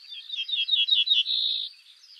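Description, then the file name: Ortolan bunting phrase: five or six quick down-slurred notes in a row, then a level, slightly buzzy held note lasting about half a second. "Bruant ortolan"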